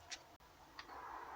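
An aerial cable plug is pushed into the circular socket on the back of a 2000–2008 BMW Mini radio during a radio removal and upgrade. A light tick sounds near 0.1 s, then a short, sharp click at 0.8 s as the plug seats. The aerial is confirmed plugged in.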